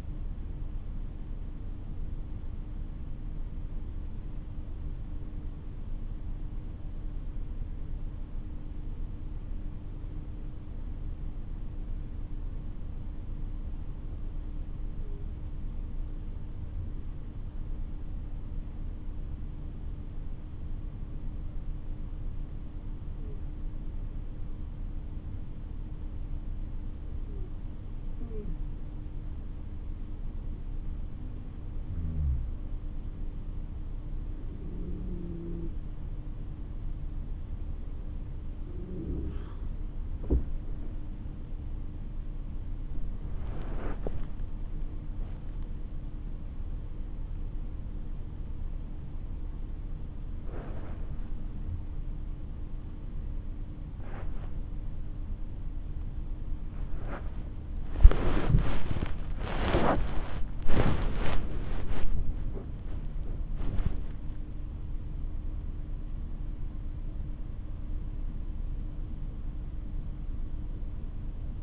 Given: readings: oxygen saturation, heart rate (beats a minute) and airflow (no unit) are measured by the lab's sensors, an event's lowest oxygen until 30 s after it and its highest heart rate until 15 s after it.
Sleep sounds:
breathing in sleep by a smartphone at the bedside; 1
7.00-36.80 s: hypopnea (N2, oxygen 97% highest, then 91% lowest)
50.00-71.63 s: new sleep stage, awake
58.00-71.63 s: awake
From the record:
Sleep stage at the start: N2 (light sleep); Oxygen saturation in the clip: 91 to 97%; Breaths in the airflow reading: 17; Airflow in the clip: -14.5 to 10.9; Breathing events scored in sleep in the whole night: 304 in 5.6 hours asleep

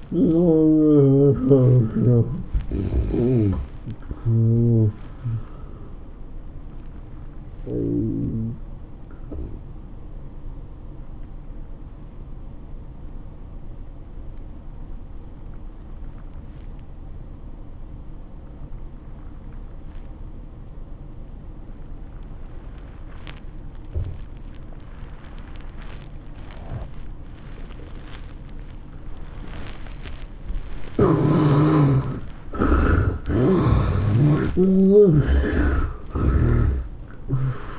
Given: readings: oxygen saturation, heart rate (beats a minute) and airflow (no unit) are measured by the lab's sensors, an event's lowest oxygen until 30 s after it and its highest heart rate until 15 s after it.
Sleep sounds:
breathing in sleep by a smartphone at the bedside; 1
7.00-31.10 s: obstructive apnea (N1, oxygen 96% highest, then 68% lowest, heart rate 110 at the start, 112 highest)
From the record:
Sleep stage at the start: N1 (lightest sleep); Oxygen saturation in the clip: 76 to 96%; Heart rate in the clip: 83 to 112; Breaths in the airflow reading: 4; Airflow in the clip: -13.5 to 10.9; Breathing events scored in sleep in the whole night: 403 in 5.5 hours asleep

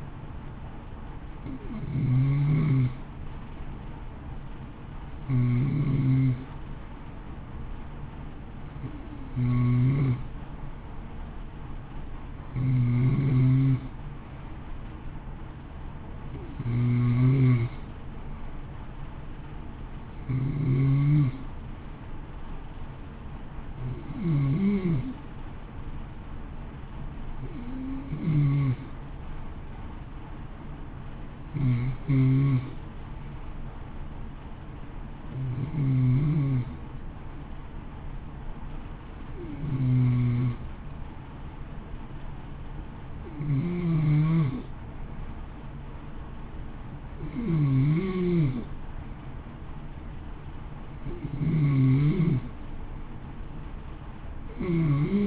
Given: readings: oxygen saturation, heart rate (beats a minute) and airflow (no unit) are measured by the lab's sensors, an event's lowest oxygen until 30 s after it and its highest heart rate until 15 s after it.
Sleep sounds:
breathing in sleep by a smartphone at the bedside; none
none scored
From the record:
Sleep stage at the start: N2 (light sleep); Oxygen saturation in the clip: 90 to 92%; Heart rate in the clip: 54 to 58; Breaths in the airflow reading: 15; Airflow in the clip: -0.8 to 0.8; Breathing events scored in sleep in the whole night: 328 in 6.3 hours asleep

